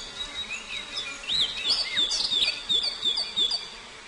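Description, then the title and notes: Prinia song, rapid high thin chirps and trills tumbling together, with faint lower rhythmic ticking underneath. Full song including the rolling song style called ngerol. "Suara Kicau Burung Prenjak Lengkap dan Ngerol"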